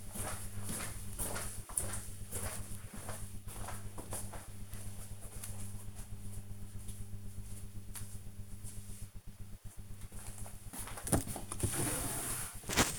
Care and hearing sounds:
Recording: household activities, microphone on the right wrist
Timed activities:
9.72-12.99 s: window cleaning

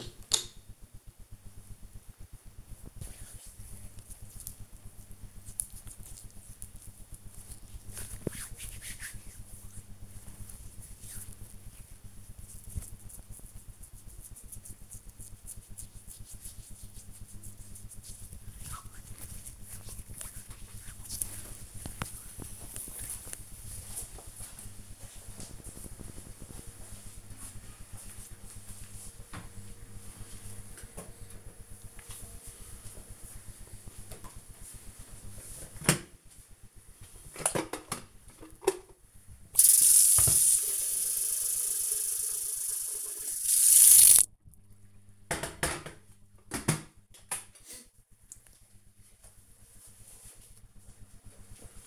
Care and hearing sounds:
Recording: household activities, microphone on the right wrist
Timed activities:
0.00-19.67 s: cream hands
33.77-51.86 s: making tea

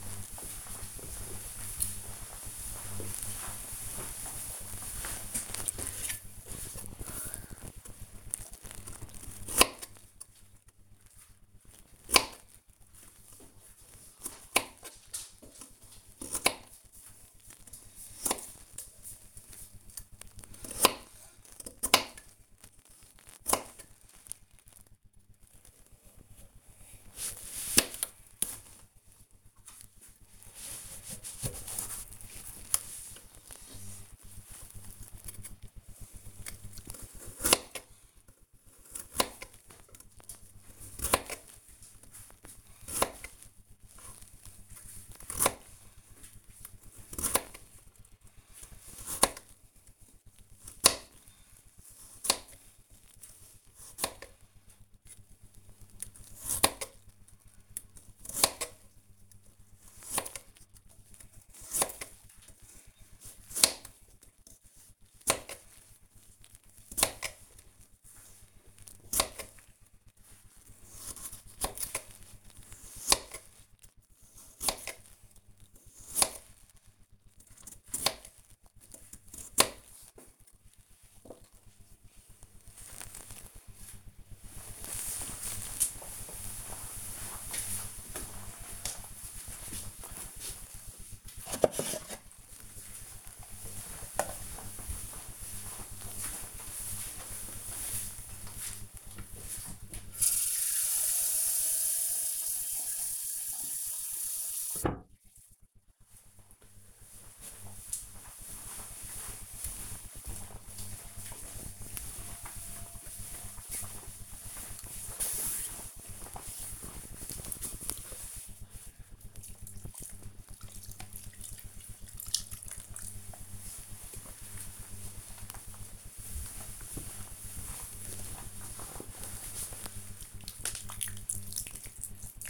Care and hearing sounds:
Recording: household activities, microphone on the right wrist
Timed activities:
6.53-81.11 s: cutting vegetables
90.18-132.50 s: watering plant

